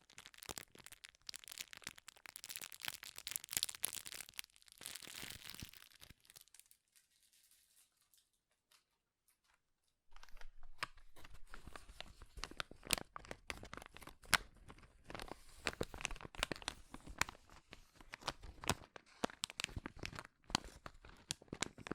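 Dense, crackling crinkles of material being crushed and handled, with sharp bright snaps packed closely together. The crinkling runs busily for about five seconds, thins out, then stops into silence from roughly six to ten seconds before resuming just as thick and irregular to the end.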